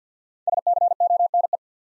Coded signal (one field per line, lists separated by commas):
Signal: Morse code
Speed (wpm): 50 wpm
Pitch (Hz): 700 Hz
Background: none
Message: SCONE